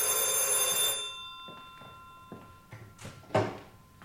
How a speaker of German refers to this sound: Ach, zum Donnerwetter. Immer das Gleiche. Kaum fange ich an zu essen, dann bimmelt das dämliche Telefon.